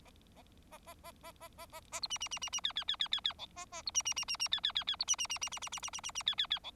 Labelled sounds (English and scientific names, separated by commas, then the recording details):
Bengalese Finch (Lonchura striata domestica) song
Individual Bird4